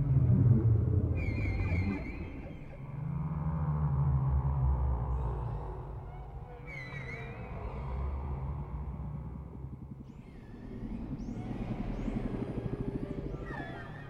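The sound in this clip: Whale sounds: dominant low rumbling groans with a few brief high chirps and upswept squeals repeating at intervals.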